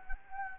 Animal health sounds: mosquito wingbeat signal from an infrared sensor; Anopheles gambiae

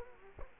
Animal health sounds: mosquito wingbeat signal from an infrared sensor; Culex quinquefasciatus

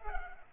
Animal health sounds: mosquito wingbeat signal from an infrared sensor; Culex pipiens

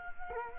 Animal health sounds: mosquito wingbeat signal from an infrared sensor; Culex quinquefasciatus

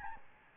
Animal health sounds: mosquito wingbeat signal from an infrared sensor; Aedes albopictus

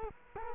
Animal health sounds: mosquito wingbeat signal from an infrared sensor; Culex quinquefasciatus

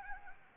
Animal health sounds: mosquito wingbeat signal from an infrared sensor; Anopheles arabiensis

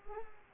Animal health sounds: mosquito wingbeat signal from an infrared sensor; Culex pipiens

